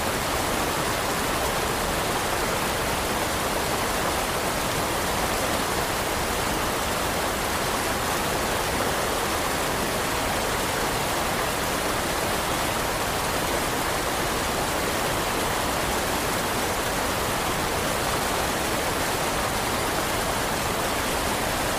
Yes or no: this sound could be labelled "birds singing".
no